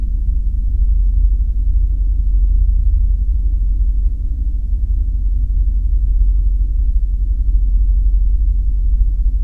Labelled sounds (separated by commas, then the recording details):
flare stack
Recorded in the Prudhoe Bay oil fields, Alaska, on 5 September 2019 at 01:07
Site 14